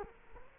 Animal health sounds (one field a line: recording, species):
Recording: mosquito wingbeat signal from an infrared sensor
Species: Culex quinquefasciatus